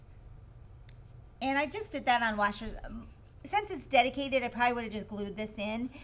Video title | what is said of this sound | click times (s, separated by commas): Flosstube #17 Bee Cross Stitch Projects and Beehive Cross Stitch Display Pieces | magnets in between so that those just click right in place | 0.9 s